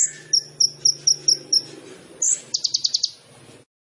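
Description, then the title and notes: Sunbird song: a run of high, evenly spaced chips, a sharp upslurred note, then a brief rapid trill before sudden silence; faint low hum underneath. Masteran for training songbirds, suitable as a lure (pancingan): full fill-ins (isian) and tembakan bursts in lively gacor singing. "MASTERAN KOLIBRI NINJA FULL ISIAN DAN TEMBAKAN COCOK BUAT PANCINGAN. Suara Burung Kolibri Ninja Gacor"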